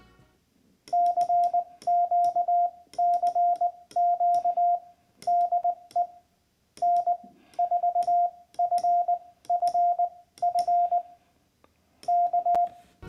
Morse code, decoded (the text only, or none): CQ CQ DE N4FFF K